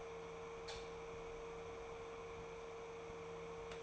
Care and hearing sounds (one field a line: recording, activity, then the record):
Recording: daily activity, microphone in the room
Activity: light on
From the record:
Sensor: 1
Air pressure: 1014.8 hPa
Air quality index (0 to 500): 188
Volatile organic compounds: 19 ppm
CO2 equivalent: 2662 ppm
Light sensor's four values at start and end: 11/26/10/12 and 14/41/16/17